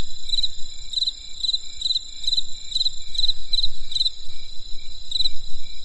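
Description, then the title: Insects calling with continuous high trilling and clipped chirps repeated several times, low rumble beneath. Insects calling on a winter night in the countryside; crisp sound. "There was a crisp sound of insects in the winter night. Come and experience a sound therapy feast from the countryside"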